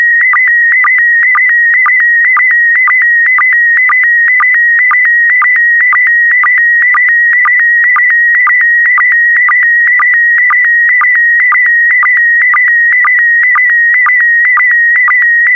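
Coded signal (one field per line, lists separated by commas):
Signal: SSTV (slow-scan television)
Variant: PD120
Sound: warbling whistle near 2 kHz with a regular low blip about twice a second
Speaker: get ready starting transmission in 5 4 3 2 1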